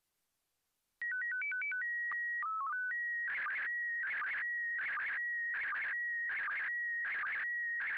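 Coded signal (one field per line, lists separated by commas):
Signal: SSTV (slow-scan television)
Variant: PD 180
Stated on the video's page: SSTV demonstration in PD180 mode generated with MMSSTV software.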